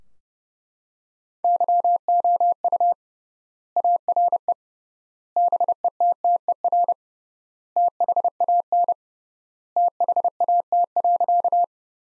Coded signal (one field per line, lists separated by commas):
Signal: Morse code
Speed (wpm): 30 wpm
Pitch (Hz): 700 Hz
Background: none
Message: YOU ARE BETTER THAN THAT.